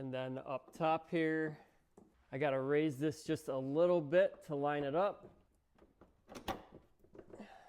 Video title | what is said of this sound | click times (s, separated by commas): Liftgate Won't Stay Up? How to Fix Rear Hatch It in Minutes | oh yeah it just pops right in | 6.5 s